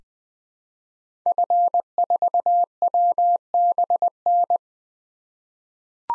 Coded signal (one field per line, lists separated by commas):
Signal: Morse code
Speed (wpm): 21 wpm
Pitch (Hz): 700 Hz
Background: none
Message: F4WBN